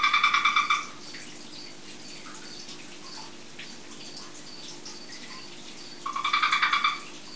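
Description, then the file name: Red-eyed tree frog calling in two quick series of rapid clucking chucks, the first at the start and another after about five seconds of quiet background hiss. Mating call. "Rotaugenlaubfrosch Paarungsruf"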